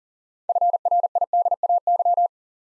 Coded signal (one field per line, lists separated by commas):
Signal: Morse code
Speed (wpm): 42 wpm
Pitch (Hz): 700 Hz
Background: none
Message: FRIDAY